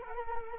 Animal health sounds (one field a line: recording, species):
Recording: mosquito wingbeat signal from an infrared sensor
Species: Culex quinquefasciatus